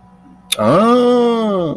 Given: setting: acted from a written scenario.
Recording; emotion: vocal sound without words; realization